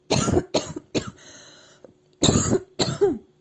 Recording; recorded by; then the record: voluntary cough; messaging app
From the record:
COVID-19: negative